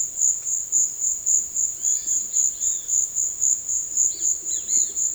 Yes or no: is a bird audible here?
yes